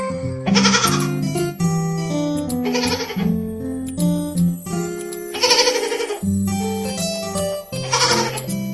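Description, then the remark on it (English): Four wavering, quavering baby goat bleats arrive at roughly even intervals, each a short loud burst, over a steady bed of sustained low musical tones. “Baby goat, baby goat, yes, mama.”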